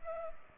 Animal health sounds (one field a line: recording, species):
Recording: mosquito wingbeat signal from an infrared sensor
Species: Culex pipiens